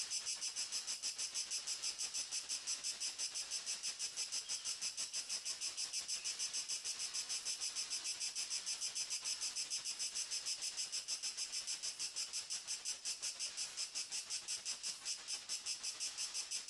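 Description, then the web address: Crickets chirping in a dense, steady, high pulsing trill, continuous throughout with no other clear sounds. "sonniss-gdc-audio crickets"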